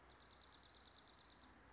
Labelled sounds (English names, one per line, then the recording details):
Dark-eyed Junco
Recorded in Sonoma County, California